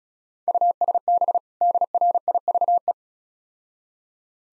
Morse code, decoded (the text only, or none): USB DRIVE